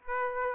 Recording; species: mosquito wingbeat signal from an infrared sensor; Aedes aegypti